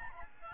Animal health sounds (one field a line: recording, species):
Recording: mosquito wingbeat signal from an infrared sensor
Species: Aedes albopictus